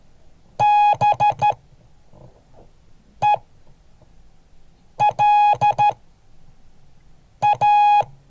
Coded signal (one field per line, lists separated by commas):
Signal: Morse code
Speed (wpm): 13 wpm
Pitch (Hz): 830 Hz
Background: none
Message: BELA